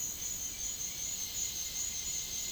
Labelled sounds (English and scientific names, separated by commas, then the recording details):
none
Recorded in dense forest near Puerto Asís, Putumayo, Colombia, on 18 February 2024 at 09:30
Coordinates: 0.502, -76.324
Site G6370